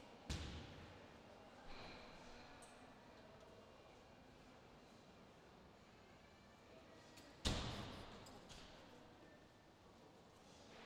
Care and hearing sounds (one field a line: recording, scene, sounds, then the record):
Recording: everyday scene through a hearing-aid microphone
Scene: reverberant space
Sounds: background noise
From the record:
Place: railway station hall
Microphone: in the ear canal, left